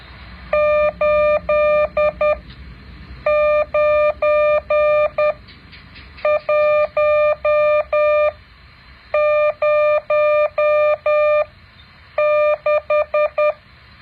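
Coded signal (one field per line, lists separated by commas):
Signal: Morse code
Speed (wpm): 10 wpm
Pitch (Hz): 600 Hz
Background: none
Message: 89106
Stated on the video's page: Morse code practice exercise 9.7.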